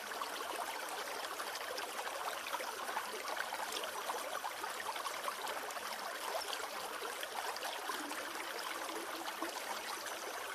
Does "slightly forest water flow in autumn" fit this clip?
yes